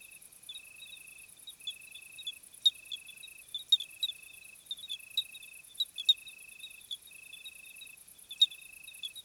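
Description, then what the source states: Cricket chirring in regular short trills with brief pauses, accompanied by a high continuous insect chorus and frequent sharp ticking clicks. Summer night chorus, 26 July 2020 at 21:15, Plateau de Lesches-en-Diois; hot night; recorded with Nagra Seven and B&K omni microphone.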